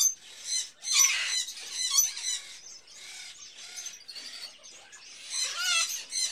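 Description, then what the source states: Birds giving high squeals and rasping chatter, several overlapping callers producing irregular bursts about once a second. Various birds in a pet shop, recorded as ambience.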